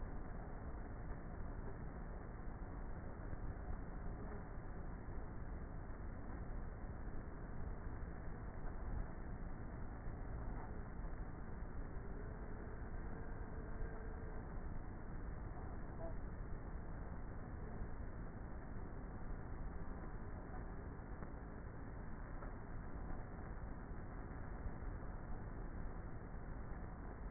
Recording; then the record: honeybee colony, microphone inside the hive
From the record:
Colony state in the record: queenless with a low population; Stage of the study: before two queens were removed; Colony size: about 30,000 bees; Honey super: no